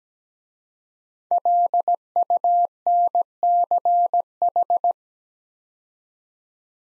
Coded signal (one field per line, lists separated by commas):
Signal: Morse code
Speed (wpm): 17 wpm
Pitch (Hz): 700 Hz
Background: none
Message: LUNCH